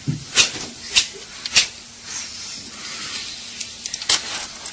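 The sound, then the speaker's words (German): Someone lights a cigarette: three sharp, scratchy strikes in quick succession, then a soft hissing flare, followed by a few small clicks and one more brief rasp. “Auch eine Zigarette. Ja, gerne. Ja. Feuer!”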